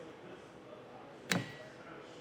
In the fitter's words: and then it'll click into place you can load this back down onto your windshield